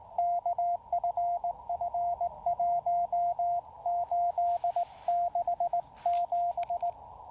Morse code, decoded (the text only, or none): KFF1867